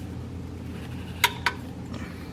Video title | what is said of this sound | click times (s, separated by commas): How to Change Oil in your Ford Focus w, Oil Life Reset | all right that was it you heard the click that's when we stop | 1.2 s